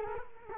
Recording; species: mosquito wingbeat signal from an infrared sensor; Culex quinquefasciatus